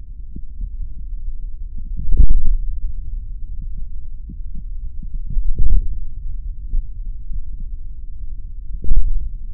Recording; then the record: forearm muscle sounds (acoustic myography)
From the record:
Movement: hand opening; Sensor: system 3, bracelet of six PUI Audio POM-2738L microphones around the upper forearm, with dedicated amplification and filtering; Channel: 4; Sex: male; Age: 26 years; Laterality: right